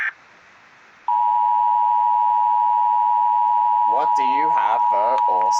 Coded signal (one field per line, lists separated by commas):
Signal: Emergency Alert System (SAME) tones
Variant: 853 and 960 Hz attention tone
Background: speech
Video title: EAS 516 CEM for TX ABOUT COVID-19